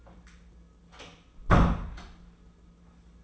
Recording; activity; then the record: daily activity, microphone in the room; close door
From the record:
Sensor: 1